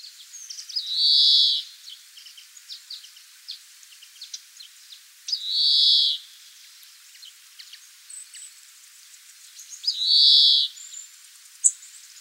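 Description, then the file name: European greenfinch calling, three long nasal wheezes several seconds apart, with scattered soft chips and twitters in the background. "Chloris chloris"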